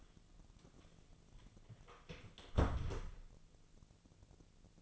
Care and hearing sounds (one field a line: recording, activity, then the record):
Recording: daily activity, microphone in the room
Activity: close door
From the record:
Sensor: 4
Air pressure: 1001.3 hPa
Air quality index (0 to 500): 186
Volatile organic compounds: 3 ppm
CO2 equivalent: 1326 ppm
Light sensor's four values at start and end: 14/31/13/13 and 16/37/15/15